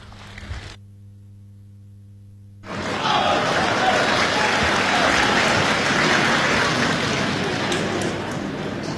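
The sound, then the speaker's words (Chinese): Audience applause at a live crosstalk (xiangsheng) show at the Zhonghua Qing Quyi small theatre breaks in after a brief quiet stretch with a low electrical hum, as two performers are welcomed to the stage. It continues as a steady, fairly loud patter of clapping to the end. “谢谢，谢谢，谢谢现场所有热情的观众，谢谢您这么稀稀拉拉的掌声，谢谢大家。”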